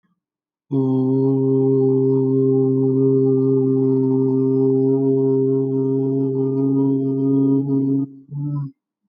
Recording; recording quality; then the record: sustained vowel as in boot; excellent, no background noise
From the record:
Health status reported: healthy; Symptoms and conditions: none ticked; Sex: male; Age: 27 years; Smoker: yes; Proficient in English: yes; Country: India